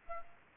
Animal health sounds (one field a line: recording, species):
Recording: mosquito wingbeat signal from an infrared sensor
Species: Aedes aegypti